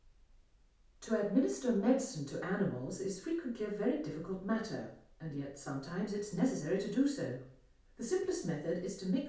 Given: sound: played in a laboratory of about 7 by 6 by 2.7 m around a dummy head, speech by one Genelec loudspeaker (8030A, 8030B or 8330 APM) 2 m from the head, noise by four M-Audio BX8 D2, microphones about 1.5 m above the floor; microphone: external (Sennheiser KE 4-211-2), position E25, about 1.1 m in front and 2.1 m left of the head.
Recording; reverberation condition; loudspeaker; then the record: female speech in English; medium; 150 degrees to the right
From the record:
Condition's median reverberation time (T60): about 510 ms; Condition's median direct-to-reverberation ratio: about -0.5 dB